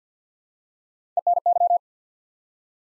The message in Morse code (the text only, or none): ENY